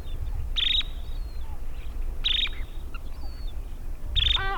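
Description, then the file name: Dunlin calls: three short, buzzy, high-pitched notes with trailing tails, well spaced over a low background rumble. "Bonte Strandloper Calidris alpina"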